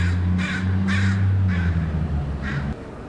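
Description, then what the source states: Crow giving several harsh, grating scolding caws over a steady low hum. Another crow arrives to join the scolding; angry, very low-pitched, grating call, easy to localize, telling others there is danger.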